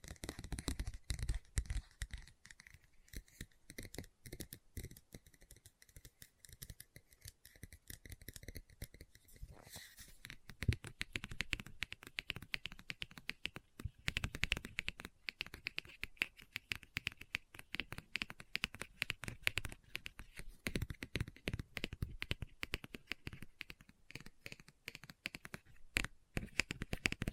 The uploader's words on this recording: Book Tapping, Scratching, Page Turning.